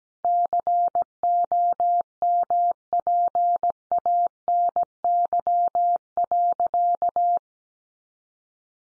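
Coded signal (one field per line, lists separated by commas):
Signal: Morse code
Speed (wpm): 17 wpm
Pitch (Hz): 700 Hz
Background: none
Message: COMPANY.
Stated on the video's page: Morse code head-copy practice of easy phrases at 17 wpm.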